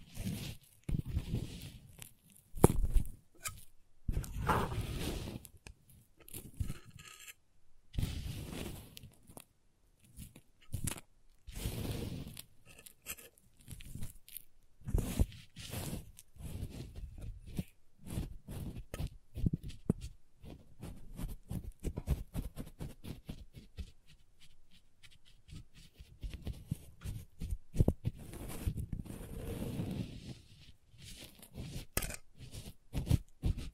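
Crayons tap, scrape and carve in quick, irregular bursts, each stroke a short dry scratch with some low knocking thuds. Activity is dense for the first half, thins to sparser ticks around 22–26 seconds, then picks up again toward the end.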